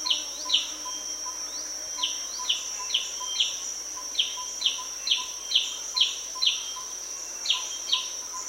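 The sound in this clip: Joyful greenbul calls, a series of sharp, clipped notes repeated roughly twice a second with a few pauses, over a steady insect whine and faint lower chirps.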